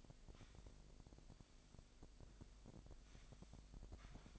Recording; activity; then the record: daily activity, microphone in the room; sweep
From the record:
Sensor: 5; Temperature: 25.1 degrees Celsius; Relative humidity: 39.7%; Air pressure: 1001.7 hPa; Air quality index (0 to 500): 181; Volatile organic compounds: 12 ppm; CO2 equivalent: 2326 ppm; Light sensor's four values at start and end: 28/95/36/38 and 28/95/36/38